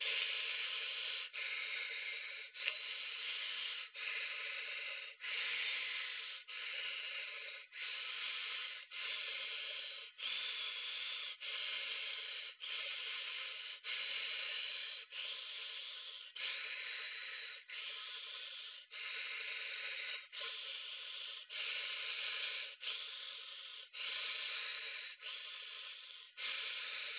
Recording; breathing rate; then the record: paced breathing near a phone; 24 breaths a minute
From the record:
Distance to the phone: 20 cm